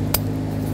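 On a 2007–2014 Chevrolet Silverado 2500 HD, the main fuel rail feed line quick-connect fitting is slid onto the fuel rail until it clicks. A single sharp, bright click sounds at 0.15 s over a steady low hum. The connector is seated.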